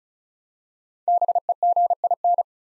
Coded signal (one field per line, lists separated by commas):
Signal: Morse code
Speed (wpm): 36 wpm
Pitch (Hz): 700 Hz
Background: none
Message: BEGIN